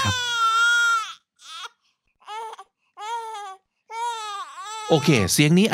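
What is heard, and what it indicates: High-pitched, wailing infant cries come in about five short bursts separated by brief silent pauses, some rising and falling in pitch. In the last second a different, lower and fuller voice cuts in.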